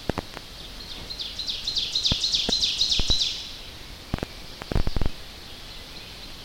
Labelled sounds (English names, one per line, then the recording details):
Ovenbird song
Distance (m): 35 m
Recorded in boreal forest in Alberta, Canada, on 10 June 2016 at 07:47
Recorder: SongMeter 3, array SBT-3-39
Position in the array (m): 324 m, 145 m
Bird 19